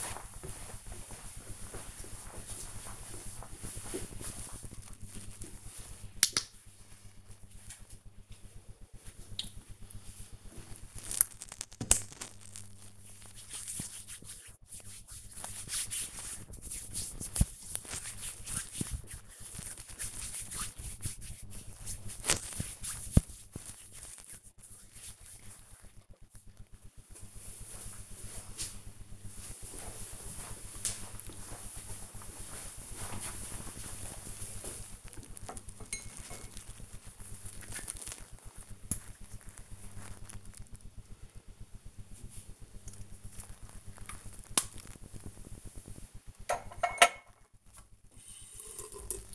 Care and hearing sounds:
household activities, microphone on the right wrist
3.86-25.02 s: disinfecting hands
34.10-49.35 s: brushing teeth

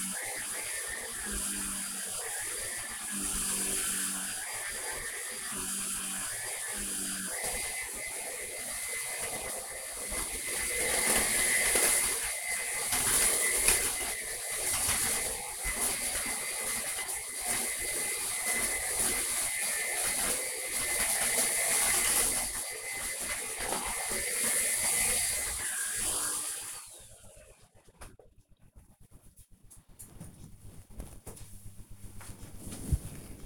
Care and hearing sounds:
household activities, microphone on the right wrist
0.00-26.83 s: vacuum cleaning

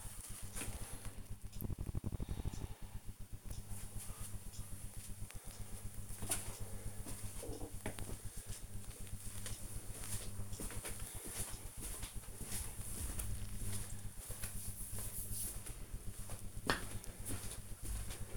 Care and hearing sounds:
household activities, microphone on the right wrist
none

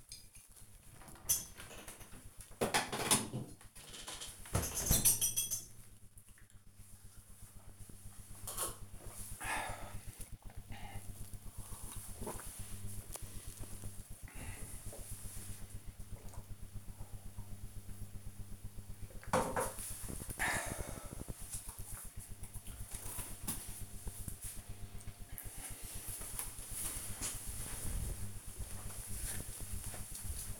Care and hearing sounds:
household activities, microphone on the right wrist
0.00-19.21 s: drinking

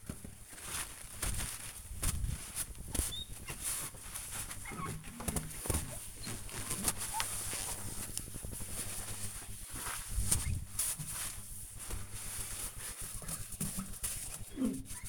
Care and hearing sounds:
household activities, microphone on the right wrist
0.00-15.09 s: window cleaning

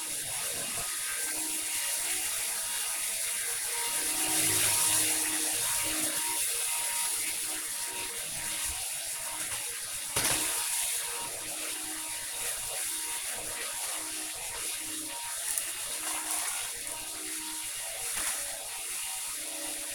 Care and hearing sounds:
household activities, microphone on the right wrist
0.00-19.95 s: vacuum cleaning

